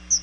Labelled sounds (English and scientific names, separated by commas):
Chestnut-sided Warbler (Setophaga pensylvanica) flight call